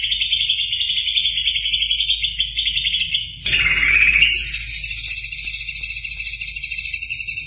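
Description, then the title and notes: Greater green leafbird song: a continuous dense buzzy chatter, then a sudden change to a steadier two-toned trill, with a low hum underneath. Described as a champion singer. "Kicau Burung Cucak Ijo Juara. Suara kicauan burung cucak ijo"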